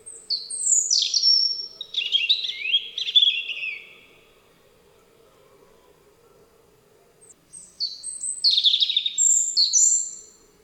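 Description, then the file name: European robin delivering two rich phrases of cascading high warbles and chittering trills, separated by a three-second pause, over a faint steady low hum. "Rudzik"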